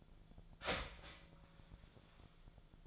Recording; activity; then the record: daily activity, microphone in the room; start toaster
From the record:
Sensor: 5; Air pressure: 1009.4 hPa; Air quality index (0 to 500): 168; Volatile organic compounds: 4 ppm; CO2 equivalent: 1631 ppm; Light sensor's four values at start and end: 90/239/97/102 and 90/238/97/102